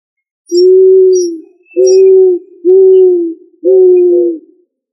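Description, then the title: Pigeon cooing: four low, mellow coos, each under a second long, given about once a second, some with a brief higher overtone at the start. "Familia ColumbidaePomba"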